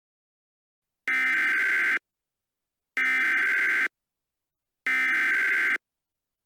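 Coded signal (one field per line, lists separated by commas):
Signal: Emergency Alert System (SAME) tones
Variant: header bursts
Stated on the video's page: Mock recreation of the EAS for two real tornado warnings.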